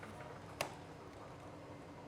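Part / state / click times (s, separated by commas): filament spool cap on the 3D printer spool holder / seated / 0.6 s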